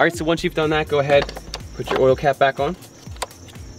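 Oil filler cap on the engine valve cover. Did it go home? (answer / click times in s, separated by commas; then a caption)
yes / 3.2 s. Someone talks while the engine oil filler cap on the valve cover of a BMW F30 335i (N55) xDrive is put back on and twisted. A sharp click at 3.2 s marks the cap locking into place, with a softer tick just before it.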